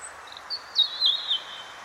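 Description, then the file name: European robin song, brief high thin notes leading into a sliding, wavering whistled phrase that drops in pitch, with light background hiss. "Erithacus rubecula"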